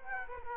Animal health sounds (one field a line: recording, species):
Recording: mosquito wingbeat signal from an infrared sensor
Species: Culex quinquefasciatus